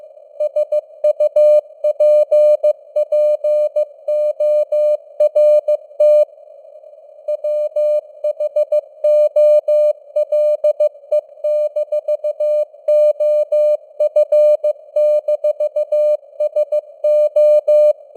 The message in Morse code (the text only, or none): SUPPORT WHOLE-OF-SO